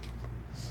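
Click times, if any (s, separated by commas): 0.0 s, 0.2 s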